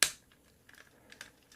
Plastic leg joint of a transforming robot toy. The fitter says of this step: again make sure you hear it snap